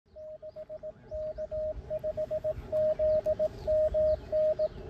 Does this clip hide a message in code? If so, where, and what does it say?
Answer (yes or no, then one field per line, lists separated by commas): yes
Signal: Morse code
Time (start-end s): 0.2-4.7 s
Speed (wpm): 18 wpm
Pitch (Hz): 620 Hz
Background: radio noise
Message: 6K5ZMN